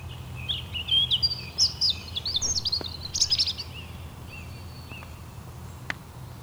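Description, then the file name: European robin giving a few high, sweet twittering phrases in the first half, then sparse faint notes over a low background hum. "Erithacus rubecula"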